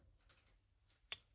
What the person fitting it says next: Nice little click right there.